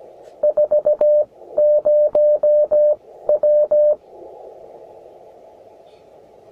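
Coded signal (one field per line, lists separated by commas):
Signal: Morse code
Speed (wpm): 15 wpm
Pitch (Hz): 600 Hz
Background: none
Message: 40W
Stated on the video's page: CW QSO on 21 MHz keyed with a Begali Intrepid bug key.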